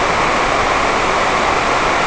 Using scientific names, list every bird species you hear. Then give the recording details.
none. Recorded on Arctic tundra, site NAIT-1, on 28 June 2018. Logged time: 11:00